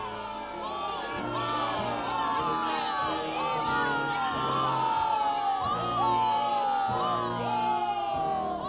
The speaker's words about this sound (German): Das Volk jubelte, die Kurkapelle spielte die Fürstenhymne